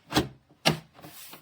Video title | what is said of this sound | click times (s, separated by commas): Review SimPure Y9A UV Countertop Reverse Osmosis Water Filter, Alkaline Remineralization 300 GPD 6 S | Just clicks into place. See? Very simple. | 0.7 s